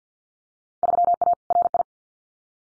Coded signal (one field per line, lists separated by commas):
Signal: Morse code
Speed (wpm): 50 wpm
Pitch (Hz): 700 Hz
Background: none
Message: 3A RI